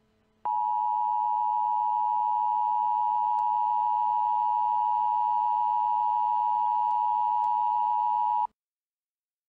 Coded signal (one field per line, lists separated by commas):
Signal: Emergency Alert System (SAME) tones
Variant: 853 and 960 Hz attention tone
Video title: EAS MOCK - Evil Darwin Part 1